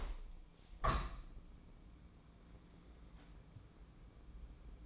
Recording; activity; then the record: daily activity, microphone in the room; open window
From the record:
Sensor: 1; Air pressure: 1012.4 hPa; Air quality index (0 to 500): 169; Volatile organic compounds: 3 ppm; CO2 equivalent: 1379 ppm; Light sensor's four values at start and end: 246/567/251/276 and 248/569/252/278